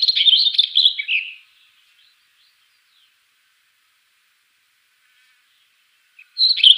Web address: Schulze Peter Black Wheatear song